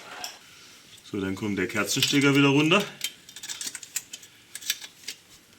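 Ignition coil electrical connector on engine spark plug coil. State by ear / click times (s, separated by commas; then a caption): not seated / none. A plastic electrical connector is handled on the ignition coil of a Golf 4 Cabrio engine after the spark plug has been fitted, ready to be pushed down until it latches. Someone talks, followed by scattered sharp clicks and taps of handling. Nothing has seated or clicked yet.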